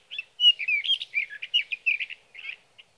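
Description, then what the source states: Sage thrasher song, a brief rush of warbled, slurred notes, some rising and some falling, closing with a soft final chirp. Male singing through the night near his night roost, evening of June 12 to morning of June 15, 2018, Sierra Valley, California; Swift recorder.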